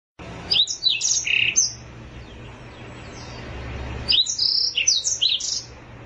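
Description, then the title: Oriental magpie-robin song in two phrases of sharp, varied whistles and chirps, separated by a pause of over two seconds, against a faint constant hum. Long-duration chirping. "Kicau Kacer Durasi Panjang 1jam Lebih"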